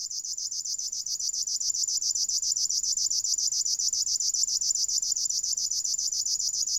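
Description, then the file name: River warbler song: steady, mechanical sewing-machine buzz of fast, regular pulses continuing without a break. "Strumieniowka"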